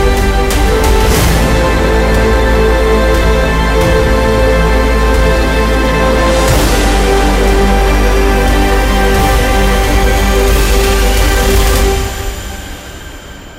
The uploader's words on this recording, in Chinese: 10首超好聽史詩音樂配合風雪的聲音。